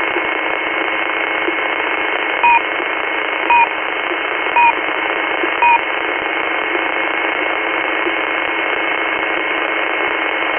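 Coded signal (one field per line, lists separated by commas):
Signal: unidentified radio signal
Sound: four short two-tone beeps, about a second apart, in hissing shortwave static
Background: radio static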